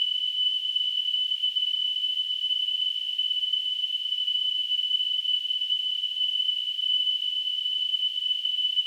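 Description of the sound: Simulated tinnitus: a steady, continuous high-pitched ringing tone.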